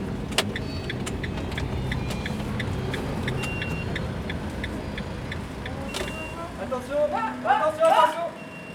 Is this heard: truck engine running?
yes